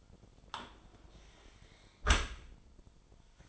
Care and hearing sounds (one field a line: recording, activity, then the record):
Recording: daily activity, microphone in the room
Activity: close dishwasher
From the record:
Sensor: 5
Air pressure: 1003.2 hPa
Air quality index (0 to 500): 129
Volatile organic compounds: 1 ppm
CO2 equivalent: 946 ppm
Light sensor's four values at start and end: 91/219/92/105 and 88/211/89/102